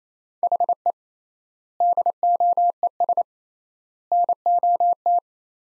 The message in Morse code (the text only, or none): HE DOES NOT